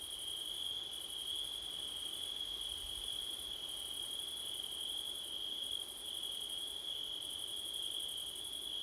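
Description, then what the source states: Crickets trilling continuously, one unbroken high tone plus a faster pulsed layer above it that pauses every few seconds, over faint low background hiss. Crickets on a September night, with wind, recorded with a Blumlein stereo microphone pair.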